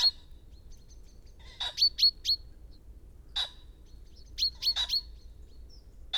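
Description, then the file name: Common chaffinch calls, crisp high notes, some single and some in quick runs of three or four, over low background noise. "Fringilla coelebs"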